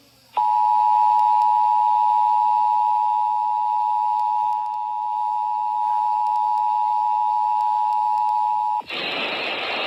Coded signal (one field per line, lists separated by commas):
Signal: Emergency Alert System (SAME) tones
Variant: 853 and 960 Hz attention tone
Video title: EAS SC Required Monthly Test on 94.5 WKVG 1/22/26